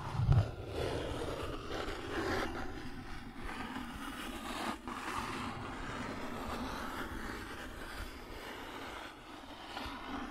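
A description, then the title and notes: Cardboard is scratched and dragged in a rough, continuous rasp that barely lets up for the whole stretch. A sharper knock opens it just after the start, and brief scrapes stand out near three and five seconds over a steady low rumble. Cardboard Scratching, Tracing, Tearing.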